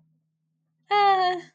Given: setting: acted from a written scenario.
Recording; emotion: vocal sound without words; embarrassment